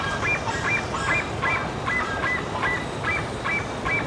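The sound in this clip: Bird calls: clear nasal honks repeated about every half second, with a hissing background.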